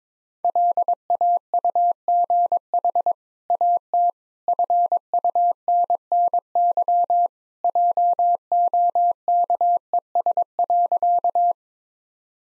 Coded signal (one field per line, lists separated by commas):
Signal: Morse code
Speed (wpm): 21 wpm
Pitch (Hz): 700 Hz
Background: none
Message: LAUGH AT FUNNY JOKES.